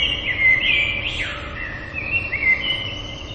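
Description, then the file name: Common blackbird song, mellow whistled phrases, wavering and warbling, against a quiet hissy background. "merles"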